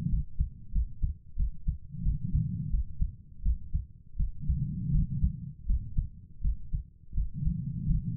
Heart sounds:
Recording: heart sounds by stethoscope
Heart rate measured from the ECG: 85 bpm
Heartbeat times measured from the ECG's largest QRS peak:
0.08 s: heartbeat
0.71 s: heartbeat
1.35 s: heartbeat
2.01 s: heartbeat
2.69 s: heartbeat
3.41 s: heartbeat
4.15 s: heartbeat
4.90 s: heartbeat
5.65 s: heartbeat
6.40 s: heartbeat
7.13 s: heartbeat
7.85 s: heartbeat
From the record:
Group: healthy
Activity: rest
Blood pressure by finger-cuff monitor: 130/75 mmHg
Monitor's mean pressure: 96 mmHg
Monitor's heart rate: 85 bpm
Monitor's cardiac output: 7.4 L/min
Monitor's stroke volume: 84 mL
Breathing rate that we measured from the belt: 23 breaths a minute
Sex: female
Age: 32 years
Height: 172 cm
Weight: 71.7 kg

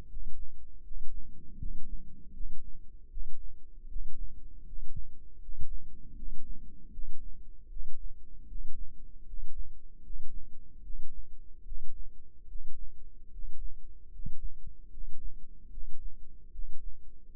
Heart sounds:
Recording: heart sounds by microphone in the left ear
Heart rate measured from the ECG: 77 bpm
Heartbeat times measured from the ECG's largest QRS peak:
0.07 s: heartbeat
0.82 s: heartbeat
1.56 s: heartbeat
2.31 s: heartbeat
3.08 s: heartbeat
3.86 s: heartbeat
4.63 s: heartbeat
5.39 s: heartbeat
6.13 s: heartbeat
6.90 s: heartbeat
7.67 s: heartbeat
8.46 s: heartbeat
9.24 s: heartbeat
10.01 s: heartbeat
10.81 s: heartbeat
11.63 s: heartbeat
12.46 s: heartbeat
13.29 s: heartbeat
14.09 s: heartbeat
14.88 s: heartbeat
15.68 s: heartbeat
16.50 s: heartbeat
17.30 s: heartbeat
From the record:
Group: healthy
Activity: rest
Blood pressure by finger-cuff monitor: 111/70 mmHg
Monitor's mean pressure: 79 mmHg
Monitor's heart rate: 76 bpm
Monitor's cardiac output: 6.4 L/min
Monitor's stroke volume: 83 mL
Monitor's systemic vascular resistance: 880 dyn s/cm5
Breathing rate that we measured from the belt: 13 breaths a minute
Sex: male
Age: 35 years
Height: 180 cm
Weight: 86.9 kg

